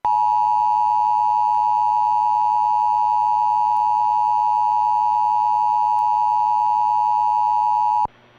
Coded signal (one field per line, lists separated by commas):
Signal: Emergency Alert System (SAME) tones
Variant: 853 and 960 Hz attention tone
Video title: More Rare Relays! - "Central" Illinois EAS Required Monthly Tests (WILL-AM [2003-2005 + 2001 Bonus])